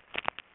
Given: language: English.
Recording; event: throat vibration sensor signal played as sound; swallow